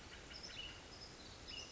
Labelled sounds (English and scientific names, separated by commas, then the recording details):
Hutton's Vireo (Vireo huttoni)
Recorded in Sonoma County, California